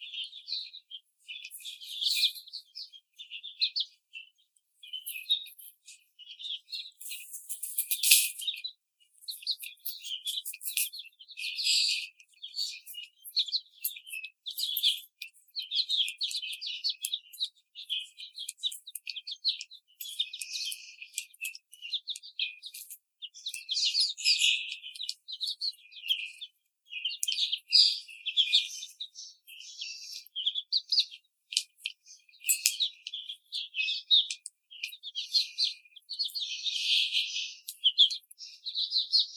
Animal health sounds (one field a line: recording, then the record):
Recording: young laying hens in a cage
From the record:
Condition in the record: treatment cage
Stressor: simulated dog barking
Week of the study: 5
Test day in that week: 1